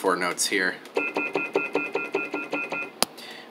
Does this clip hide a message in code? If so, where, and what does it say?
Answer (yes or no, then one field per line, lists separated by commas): no